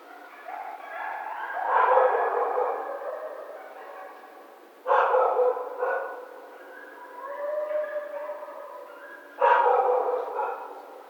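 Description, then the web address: Coyote howling with wavering, rising and falling tones, and two sudden louder outbursts later on. Recorded 1 February 2010 at 22h; howl. "Coyote 2010 02 01 22 howl"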